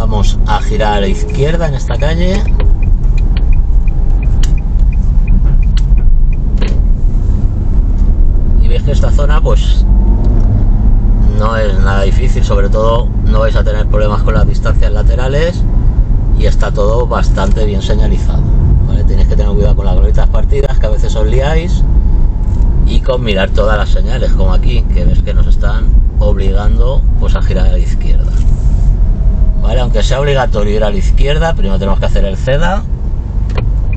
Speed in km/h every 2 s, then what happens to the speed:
17, 15, 14, 18, 24, 26, 27, 27, 29, 29, 28, 28, 26, 23, 20, 13, 8.
0-5 steady at about 15. 5-9 speeds up to 26. 9-19 steady at about 27. 19-34 slows to 8.